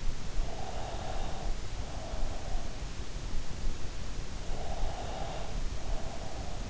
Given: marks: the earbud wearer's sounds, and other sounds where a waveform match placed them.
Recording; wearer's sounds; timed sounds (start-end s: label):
sounds in sleep by an in-ear microphone; breath
0.29-2.79 s: breath
4.72-6.63 s: breath